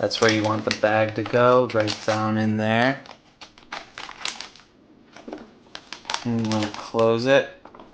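Someone talks while a bag is placed down into the vacuum chamber of a Raycial countertop vacuum sealer, and the plastic lid is handled to close over it, with short taps and rustles between the speech. The lid latches with two clicks when fully closed, but nothing has clicked or seated yet by the end of the clip.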